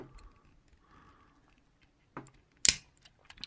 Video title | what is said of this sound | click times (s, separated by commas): Transformers Inferno (G1 with original box) Review | just like that and now you've got inferno's head locked into place | 2.7 s